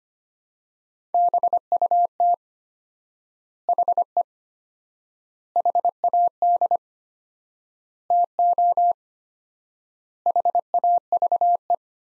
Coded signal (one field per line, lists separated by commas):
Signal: Morse code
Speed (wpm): 25 wpm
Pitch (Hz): 700 Hz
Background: none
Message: BUT HE HAD TO HAVE